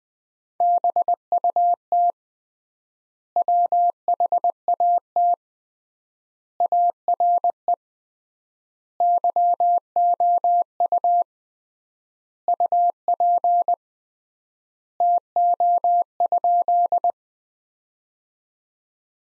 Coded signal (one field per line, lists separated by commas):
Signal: Morse code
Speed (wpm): 21 wpm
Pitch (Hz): 700 Hz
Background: none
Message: BUT WHAT ARE YOU UP TO?